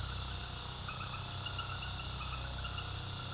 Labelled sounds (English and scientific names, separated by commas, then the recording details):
none
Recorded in pastures near Puerto Asís, Putumayo, Colombia, on 21 February 2024 at 20:30
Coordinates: 0.486, -76.323
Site G6462